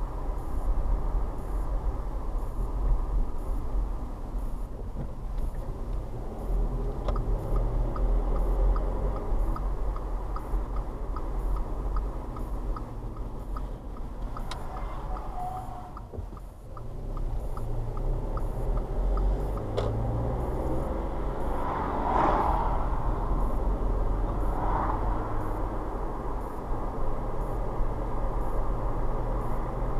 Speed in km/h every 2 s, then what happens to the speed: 32, 31, 24, 24, 32, 32, 29, 19, 10, 15, 27, 34, 37, 37, 40.
0-4 slows to 24. 4-10 speeds up to 32. 10-15 brakes to 10. 17-30 speeds up to 40.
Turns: 15-19.